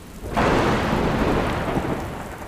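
A thunderstorm: a deep rumble of thunder rolls in abruptly and holds steady, layered with the dense hiss of heavy rain falling, slowly easing toward the end. No voices.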